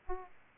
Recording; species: mosquito wingbeat signal from an infrared sensor; Aedes aegypti